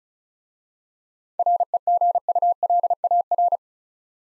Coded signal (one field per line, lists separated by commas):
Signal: Morse code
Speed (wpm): 36 wpm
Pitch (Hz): 700 Hz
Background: none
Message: REGULAR